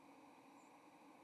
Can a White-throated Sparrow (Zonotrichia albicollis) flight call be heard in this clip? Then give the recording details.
yes. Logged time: 08:43 on 30 October 2014